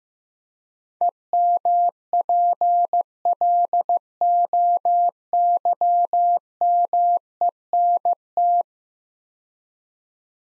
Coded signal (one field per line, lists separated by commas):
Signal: Morse code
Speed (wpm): 15 wpm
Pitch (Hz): 700 Hz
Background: none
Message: EMPLOYMENT